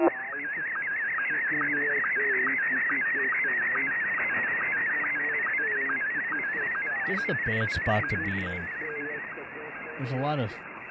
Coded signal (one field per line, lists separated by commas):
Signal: SSTV (slow-scan television)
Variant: Scottie 1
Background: speech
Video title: A peak around 20 Meters Sunday